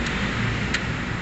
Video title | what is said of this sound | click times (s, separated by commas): SUBARU WRX Pulldown transmission Tips HOW TO CHANGE CLUTCH COMPONENTS Manual Transmission | nag-lock na yon. | 0.7 s